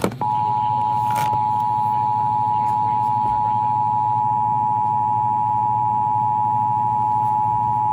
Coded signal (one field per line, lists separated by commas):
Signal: Emergency Alert System (SAME) tones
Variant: 853 and 960 Hz attention tone